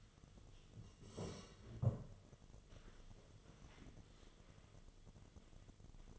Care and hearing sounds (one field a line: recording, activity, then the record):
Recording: daily activity, microphone in the room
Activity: sit down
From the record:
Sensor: 4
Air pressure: 1006.3 hPa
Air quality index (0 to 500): 96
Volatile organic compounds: 2 ppm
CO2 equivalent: 1188 ppm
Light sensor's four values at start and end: 12/28/11/10 and 12/28/11/10